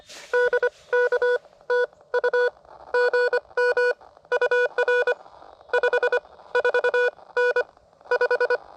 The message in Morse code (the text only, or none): DK TU GM UR 54N 5